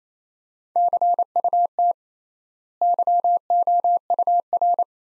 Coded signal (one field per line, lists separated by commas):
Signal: Morse code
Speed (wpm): 28 wpm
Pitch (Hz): 700 Hz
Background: none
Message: CUT YOUR